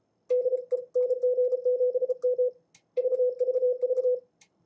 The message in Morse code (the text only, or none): DE NG7M VVV